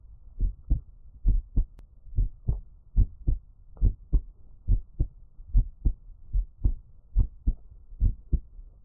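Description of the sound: An ASMR heartbeat: steady, soft, low thumping in paired lub-dub beats, about 68 a minute, with a regular rhythm. No talking and little background noise, just a single adult's heartbeat heard up close.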